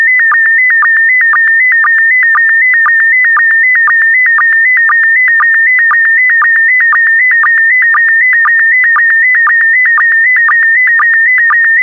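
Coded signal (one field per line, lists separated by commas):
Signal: SSTV (slow-scan television)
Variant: PD120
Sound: steady warbling tone near 2 kHz with a short low chirp about twice a second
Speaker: 5, 4, 3, 2, 1. Thank you. Transmission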